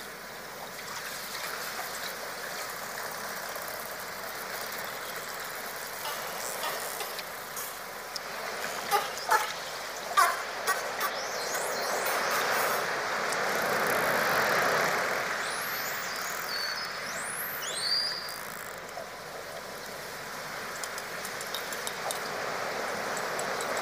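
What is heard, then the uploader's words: Dolphin sounds underwater: a steady rushing hiss fills the recording, with a short run of sharp clicks around nine to ten seconds and a swell of noise near fifteen. Just before eighteen seconds a few high, curving whistles rise and fall. Dolphin Sounds Deep Underwater.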